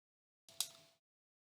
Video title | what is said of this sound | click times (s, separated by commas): Remplacement d'écran PSP | On s'assure que tout est bien clipsé. | 0.6 s